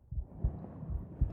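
Normal heart sounds of an adult woman, heard through a microphone pressed against her chest.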